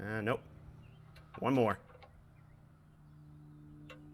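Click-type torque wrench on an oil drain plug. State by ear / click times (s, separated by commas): torque reached / 3.9 s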